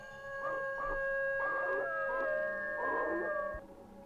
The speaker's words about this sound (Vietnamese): Trong lúc bà đang cảm thấy kỳ quái, thì con chó đột nhiên ngửa cái mõm lên trời. Sau đó, nó chu lên một tràng dài, nghe đến ghê rợn.